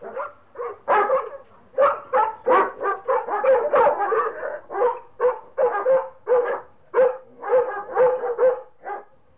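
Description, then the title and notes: Dog barking in a rapid, almost unbroken string of sharp, ringing barks, many in quick succession over about nine seconds. "NHK Sound Effects Collection - 3-Frogs, Crickets, Cicadas, Horses, Dogs. NHK効果音集 - 3-カエル・虫・セミ・ウマ・イヌ"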